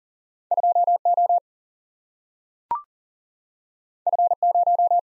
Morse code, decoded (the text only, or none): 2O F0